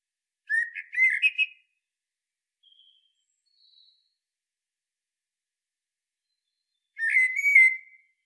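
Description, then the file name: Common blackbird song: two fluty, warbling phrases separated by a long pause, with faint soft notes between them in a quiet background. "Turdus merula"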